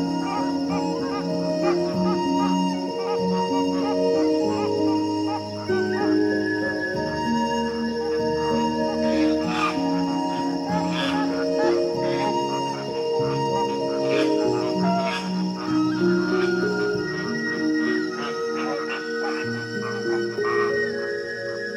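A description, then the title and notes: A dense flock of flamingos honks and gabbles continuously, many overlapping nasal calls, with sharper yelps popping out every few seconds. Flamingos in the Wetlands.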